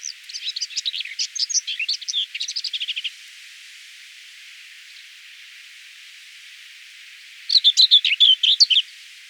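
Common whitethroat singing two short scratchy warbled bursts of rapid notes, the first about three seconds long, then a pause of several seconds before a second, shorter burst.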